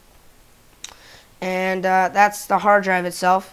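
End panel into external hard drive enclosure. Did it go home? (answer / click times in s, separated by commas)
yes / 0.8 s, 0.9 s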